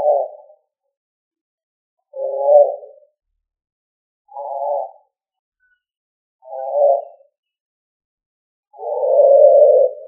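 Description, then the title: Pigeon cooing: low coos in five phrases about every two seconds, the last one longer and more drawn out. "LuckyFamilia ColumbidaePombaSama"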